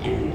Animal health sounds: contact call of a hoofed animal; pig; closed-mouth grunt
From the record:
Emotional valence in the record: positive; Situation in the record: food and toys in familiar pen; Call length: 0.34 s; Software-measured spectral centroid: 1410 Hz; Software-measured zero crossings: 1000 a second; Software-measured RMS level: -24 dBFS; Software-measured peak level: -14 dBFS

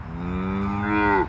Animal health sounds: contact call of a hoofed animal; cattle; low-frequency (closed-mouth) or high-frequency (open-mouth) call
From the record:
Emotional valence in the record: negative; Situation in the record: full separation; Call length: 1.28 s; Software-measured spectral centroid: 1210 Hz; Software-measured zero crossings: 1120 a second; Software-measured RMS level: -23 dBFS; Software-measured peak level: -10 dBFS

